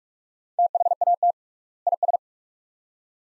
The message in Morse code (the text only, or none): THAT IS